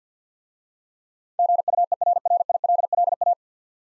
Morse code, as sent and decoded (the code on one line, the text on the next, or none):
--. ..- . .-. .-. .. .-.. .-.. .-
GUERRILLA